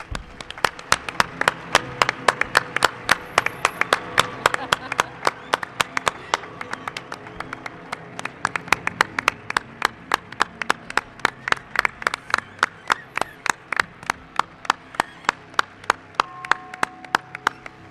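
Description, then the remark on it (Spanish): An audience applauds guest Santiago Camacho steadily for the whole stretch, many hands clapping in a loud, brisk, fairly even rhythm that holds its strength without fading, with no voices over it. “Quiero un aplauso para él.”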